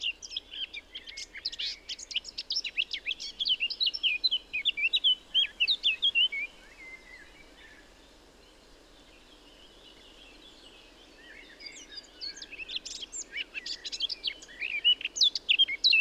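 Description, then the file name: Eurasian blackcap song in two bouts: rapid scratchy warbling with clear whistles mixed in, a quiet gap of several seconds, then a second chattering, warbling phrase. "Sylvia atricapilla"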